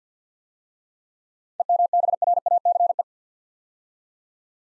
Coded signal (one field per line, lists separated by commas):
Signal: Morse code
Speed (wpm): 48 wpm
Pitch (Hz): 700 Hz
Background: none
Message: EMBRACE